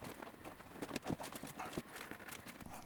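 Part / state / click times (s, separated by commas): kayak hatch lid onto its hatch rim in a boat hull / not seated / none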